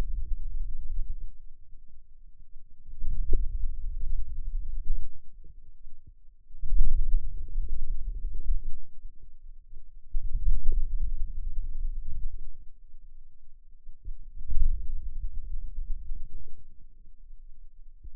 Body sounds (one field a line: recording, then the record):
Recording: forearm muscle sounds (acoustic myography)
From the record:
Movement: wrist extension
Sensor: system 2, bracelet of six BSWA MPA416 microphones around the upper forearm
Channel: 1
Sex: male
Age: 22 years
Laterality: right